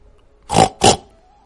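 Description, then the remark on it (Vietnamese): Two loud, harsh pig squeals in quick succession, each lasting about a quarter second, with a bright, noisy upper edge over a steady pitched core, then quiet. “Ở trong Thái Bạch Tông tĩnh mịch đột nhiên truyền ra một tiếng lợn kêu.”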